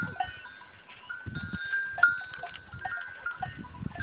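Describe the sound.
Goat bleats mixed with a sustained ringing tone, low knocks and movement sounds, one sharper bleat near the middle.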